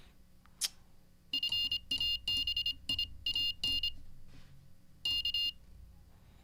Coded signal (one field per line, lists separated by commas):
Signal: Morse code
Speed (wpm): 26 wpm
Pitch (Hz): 2800 Hz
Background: none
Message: FABIAN K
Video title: How to Weather the Coronavirus by Learning Morse Code LIVE with N0SSC (Day 32)